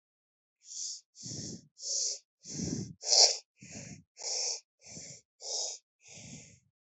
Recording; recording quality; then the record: shallow breathing; excellent, no background noise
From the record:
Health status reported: COVID-19 positive, mild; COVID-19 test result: positive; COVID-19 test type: RT-PCR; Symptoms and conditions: fever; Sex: female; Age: 23 years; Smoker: yes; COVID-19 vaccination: both doses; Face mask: not worn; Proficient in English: yes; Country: India